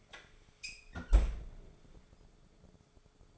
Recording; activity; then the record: daily activity, microphone in the room; close fridge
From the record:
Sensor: 5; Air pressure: 1004.7 hPa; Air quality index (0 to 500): 157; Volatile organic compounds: 3 ppm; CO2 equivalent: 1481 ppm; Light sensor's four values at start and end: 21/49/19/18 and 19/45/17/16